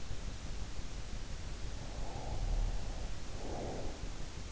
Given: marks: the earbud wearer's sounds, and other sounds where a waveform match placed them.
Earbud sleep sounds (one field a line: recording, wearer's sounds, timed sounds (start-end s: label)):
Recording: sounds in sleep by an in-ear microphone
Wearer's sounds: breath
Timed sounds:
1.68-4.41 s: breath